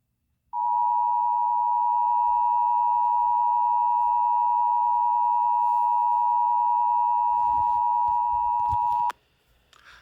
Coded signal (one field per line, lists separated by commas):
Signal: Emergency Alert System (SAME) tones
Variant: 853 and 960 Hz attention tone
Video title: Eas svr no risk area on kcbs Eas#541